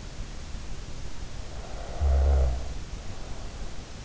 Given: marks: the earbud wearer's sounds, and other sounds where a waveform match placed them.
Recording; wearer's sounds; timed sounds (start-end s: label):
sounds in sleep by an in-ear microphone; snoring breath
1.42-3.77 s: snoring breath